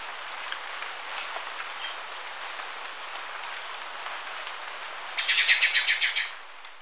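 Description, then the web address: Ochre-breasted Tanager calls: scattered faint notes, then an one-second burst of harsh chattering near the end, with a steady high tone throughout. Ecuador. "Natures Songs S America Birds of Ecuador Ochre-breasted Tanager"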